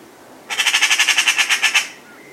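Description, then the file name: Eurasian magpie giving a dry, harsh rattle of many quick, rasping notes in a steady run of just over a second. "Pica pica"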